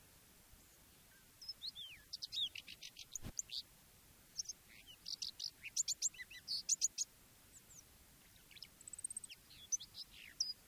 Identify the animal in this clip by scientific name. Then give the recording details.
Sylvia communis. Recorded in the wild. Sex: male. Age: adult. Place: Möhrendorf, Bayern, DE. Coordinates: 49.6372, 10.9831. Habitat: pond. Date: 1962-06-04. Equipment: Stellavox SM 5, AKG D19-200, langes Kabel, Original, Vollspur. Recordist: Tretzel, Erwin